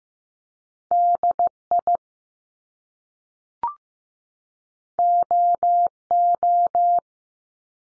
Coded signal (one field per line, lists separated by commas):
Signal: Morse code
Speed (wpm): 15 wpm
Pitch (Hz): 700 Hz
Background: none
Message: D I O O